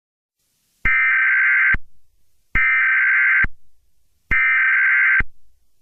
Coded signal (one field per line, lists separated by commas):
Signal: Emergency Alert System (SAME) tones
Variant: header bursts